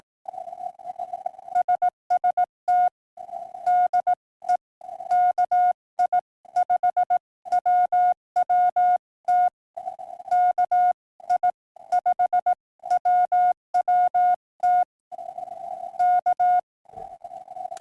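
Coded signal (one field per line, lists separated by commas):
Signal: Morse code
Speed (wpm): 18 wpm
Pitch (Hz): 1440 Hz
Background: none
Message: SST DE KI5WWT KI5WWT K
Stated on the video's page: Slow speed Morse test transmission.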